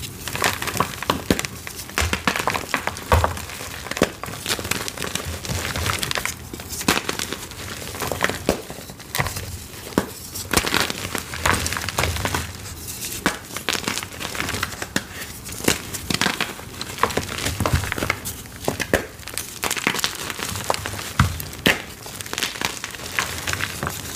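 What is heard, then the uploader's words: Gym chalk blocks coated in iron oxide powder are crushed, giving dense, continuous crumbling and crinkling with sharp bright crunches every second or so. The texture stays busy and uneven for the whole stretch, with a faint low thump now and then. Plain Blocks Covered in Black Glitter Mix Black Iron Oxide Series. Crushing gym chalk sounds, ASMR powder play. Black iron oxide powder over plain gym chalk blocks. Crushing gym chalk sounds.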